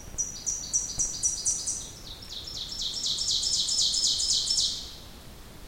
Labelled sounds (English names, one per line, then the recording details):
Ovenbird song
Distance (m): 25 m
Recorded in boreal forest in Alberta, Canada, on 2 June 2016 at 06:42
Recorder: SongMeter 3, array SBT-3-7
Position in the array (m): 341 m, 105 m
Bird 44